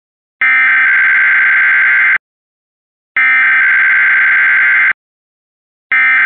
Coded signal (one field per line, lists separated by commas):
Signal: Emergency Alert System (SAME) tones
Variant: header bursts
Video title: EAS #81: Comcast (Pittsburgh, PA headend) Required Weekly Test - November 9, 2023